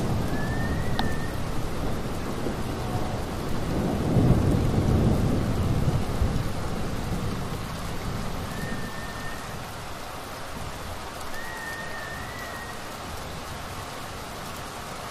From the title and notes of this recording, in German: Thunderstorm. Gewitter. As soon as spring arrived, there was already a thunderstorm. The thunderstorm and the rain. Gewitter und Regen.